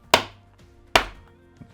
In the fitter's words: the tolerances are pretty tight so they will pretty much click into place as you will hear now there